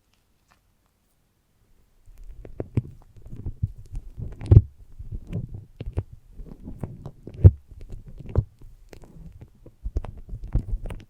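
Foamy, sticky massage sounds start after about two seconds of silence: dense, low squishing and crackling that keeps moving in uneven bursts. Sharp sticky pops stand out, loudest near four and a half and seven and a half seconds.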